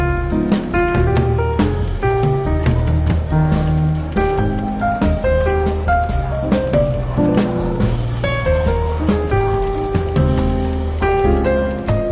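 Soft, easygoing jazz plays through a bookshop café, with a walking bass line and clear melodic notes moving steadily over the whole stretch. Frequent light clicks and clatter, like cups and small movements, tick through the music, while the level stays even throughout.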